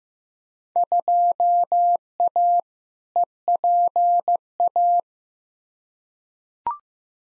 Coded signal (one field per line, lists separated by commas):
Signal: Morse code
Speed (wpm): 15 wpm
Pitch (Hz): 700 Hz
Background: none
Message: 2A EPA